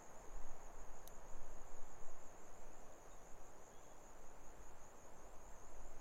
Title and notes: Autumn) Quiet Afternoon In The Barrier Ranges. Grasshoppers stridulate, sparse bird song reverberates across the arid hills while the ever-present wind sings through the desert she-oaks. Recorded on a lukewarm afternoon in the Australian outback, not far from the "city" of Broken Hill. 6th of May, 2015